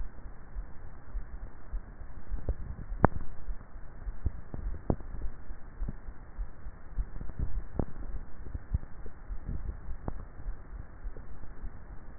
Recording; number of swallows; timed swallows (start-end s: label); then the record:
swallowing sounds by neck microphone; 4
2.32-3.38 s: swallow
4.55-5.35 s: swallow
7.42-8.22 s: swallow
9.45-10.15 s: swallow
From the record:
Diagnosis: dysphagia